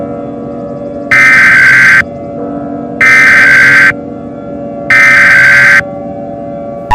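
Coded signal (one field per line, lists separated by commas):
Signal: Emergency Alert System (SAME) tones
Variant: header bursts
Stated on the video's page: Fictional EAS scenario.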